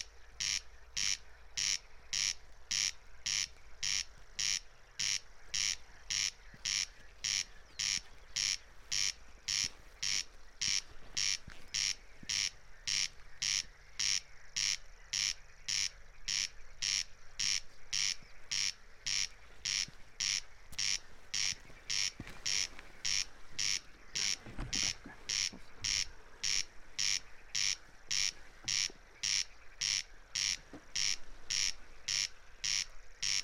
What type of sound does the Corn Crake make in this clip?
song